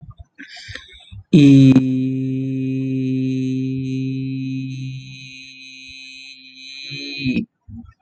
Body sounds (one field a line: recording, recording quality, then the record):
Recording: sustained vowel as in beet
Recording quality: excellent, no background noise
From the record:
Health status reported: respiratory illness, not identified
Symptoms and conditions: asthma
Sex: male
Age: 26 years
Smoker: not ticked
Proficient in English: yes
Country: India